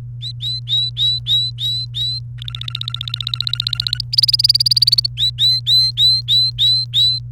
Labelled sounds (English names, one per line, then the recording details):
Domestic Canary song
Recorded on 29 April 2018 at 13:01
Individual llb3